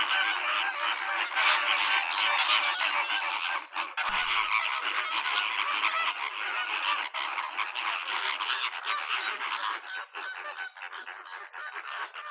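Bird calls, a large flock honking in a constant overlapping clamour that thins slightly toward the end.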